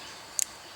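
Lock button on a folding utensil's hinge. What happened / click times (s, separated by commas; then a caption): The folding lock clicked open / 0.4 s. Pressing the small lock button on the hinge of a stainless steel folding spoon-and-fork combo gives a sharp, bright click at 0.4 s, heard as a quick double tick over a quiet background. The lock releases so the handle can fold.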